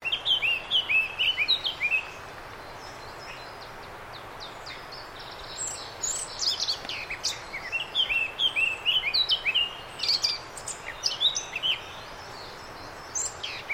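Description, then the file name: Eurasian blackcap song in several separate warbled phrases, each a fast jumble of clear, varied notes, with quiet gaps and soft steady hiss between. "Sylvia atricapilla"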